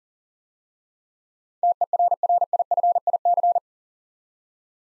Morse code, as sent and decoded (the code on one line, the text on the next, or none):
- . .-. .-. .. ..-. .. -.-.
TERRIFIC